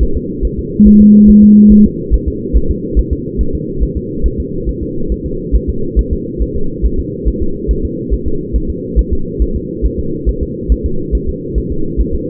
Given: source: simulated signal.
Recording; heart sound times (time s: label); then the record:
fetal heart sounds
0.03 s: S1
0.17 s: S2
0.45 s: S1
0.59 s: S2
0.87 s: S1
1.01 s: S2
1.30 s: S1
1.44 s: S2
1.72 s: S1
1.86 s: S2
2.14 s: S1
2.28 s: S2
2.57 s: S1
2.71 s: S2
2.99 s: S1
3.13 s: S2
3.41 s: S1
3.55 s: S2
3.83 s: S1
3.97 s: S2
4.26 s: S1
4.40 s: S2
4.69 s: S1
4.83 s: S2
5.12 s: S1
5.26 s: S2
5.56 s: S1
5.70 s: S2
5.99 s: S1
6.13 s: S2
6.42 s: S1
6.56 s: S2
6.86 s: S1
7.00 s: S2
7.28 s: S1
7.42 s: S2
7.71 s: S1
7.85 s: S2
8.14 s: S1
8.28 s: S2
8.56 s: S1
8.70 s: S2
8.99 s: S1
9.13 s: S2
9.42 s: S1
9.56 s: S2
9.86 s: S1
10.00 s: S2
10.29 s: S1
10.43 s: S2
10.72 s: S1
10.86 s: S2
11.15 s: S1
11.29 s: S2
11.58 s: S1
11.72 s: S2
12.01 s: S1
12.15 s: S2
From the record:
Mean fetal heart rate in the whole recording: 140 bpm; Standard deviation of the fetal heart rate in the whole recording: 2 bpm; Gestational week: 34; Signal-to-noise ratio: -8.1 dB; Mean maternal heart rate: 72 bpm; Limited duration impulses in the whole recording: present